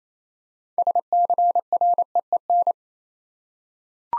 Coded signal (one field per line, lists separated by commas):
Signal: Morse code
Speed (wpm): 27 wpm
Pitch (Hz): 700 Hz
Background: none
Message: SCREEN